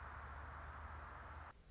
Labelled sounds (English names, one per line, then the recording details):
Anna's Hummingbird
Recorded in Sonoma County, California